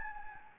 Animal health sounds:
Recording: mosquito wingbeat signal from an infrared sensor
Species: Anopheles gambiae

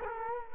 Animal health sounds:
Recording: mosquito wingbeat signal from an infrared sensor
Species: Culex quinquefasciatus

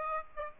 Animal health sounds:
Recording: mosquito wingbeat signal from an infrared sensor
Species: Aedes aegypti

